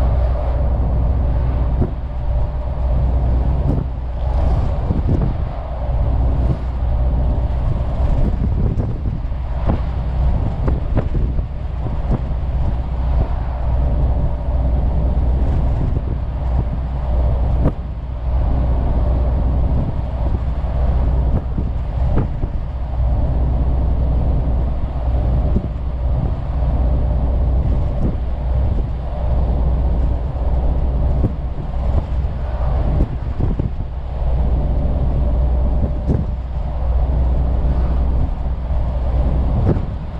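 A truck's engine drones steadily throughout, a deep low rumble with constant road roar and scattered faint knocks and rattles.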